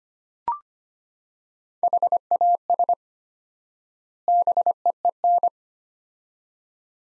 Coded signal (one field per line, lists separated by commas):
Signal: Morse code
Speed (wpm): 25 wpm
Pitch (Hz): 700 Hz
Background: none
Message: HAS BEEN